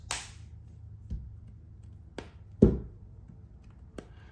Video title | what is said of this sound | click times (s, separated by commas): Pitaka MagEZ Pro 4 for iPhone 15 Pro Max - HUGE IMPROVEMENT Over Last Year! | very good clicks onto the edges of the case it's not hard to take on and off but | 0.1 s, 2.2 s, 2.6 s, 4.0 s